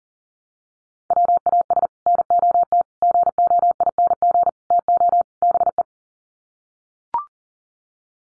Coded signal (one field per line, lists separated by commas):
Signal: Morse code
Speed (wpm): 40 wpm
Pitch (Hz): 700 Hz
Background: none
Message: WAS NOT GOING TO BE